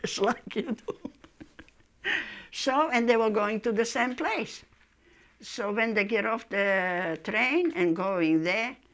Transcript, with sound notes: Just like you do. (laughing) So, and they were going to the same place. So when they get off the train and going there,